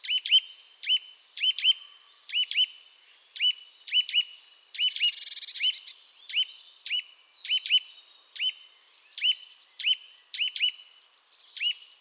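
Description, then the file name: Eurasian nuthatch repeating short, ringing upslurred notes, often in pairs, at an uneven pace throughout, with thin, high twittering in the background. "Sitta europaea"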